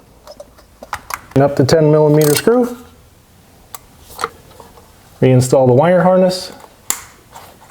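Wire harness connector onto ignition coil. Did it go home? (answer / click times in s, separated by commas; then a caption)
yes / 6.9 s. On a Kia Sportage, the wire harness plug is pushed onto the ignition coil, which was reinstalled with dielectric grease and a 10mm screw, while someone talks. A single sharp click at 6.9 s marks the connector snapping into place, seated, before the blue locking tab is pressed.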